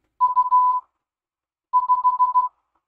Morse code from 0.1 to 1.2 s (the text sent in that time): U